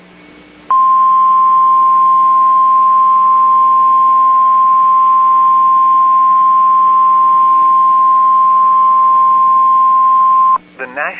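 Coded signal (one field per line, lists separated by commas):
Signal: Emergency Alert System (SAME) tones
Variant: 1050 Hz attention tone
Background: speech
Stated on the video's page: NOAA Weather Radio flash flood warning from a Springfield transmitter.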